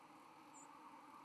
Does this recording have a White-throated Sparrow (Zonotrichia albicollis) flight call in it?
yes